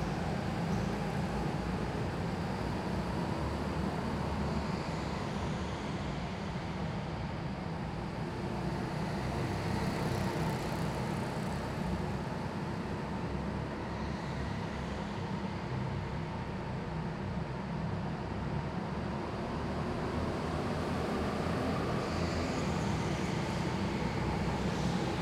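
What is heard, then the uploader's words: Go-kart track ambience with a constant, dense engine roar that never drops out. Low rumble dominates, with a steady buzzing whine on top and faint higher swells as karts pass at roughly regular intervals, around every five seconds. Laps Around the Go-Kart Track Ambience.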